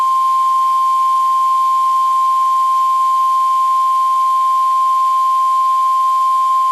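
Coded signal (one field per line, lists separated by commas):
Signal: Emergency Alert System (SAME) tones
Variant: 1050 Hz attention tone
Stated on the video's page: Severe thunderstorm warning from the Indianapolis office, received on NOAA weather radio transmitter WWG83.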